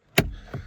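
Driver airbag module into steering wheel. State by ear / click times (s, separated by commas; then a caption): seated / 0.2 s. A driver airbag module is pressed back into the steering wheel of a Skoda Kodiaq during a clock spring replacement, after its cables, including the yellow one, are plugged in and the white tab is pushed in. A sharp, loud click at 0.2 s marks the airbag unit clipping into place, followed by a fainter knock at about 0.5 s. The airbag module is seated in the steering wheel.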